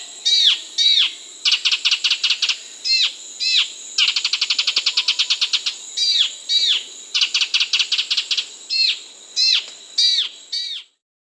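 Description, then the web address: Half-collared gnatwren song: bursts of fast, even trilled notes alternating with short downslurred chips, repeated in quick phrases throughout, with a faint steady high hiss. South America. "Natures Songs S America Half-Collared Gnatwren"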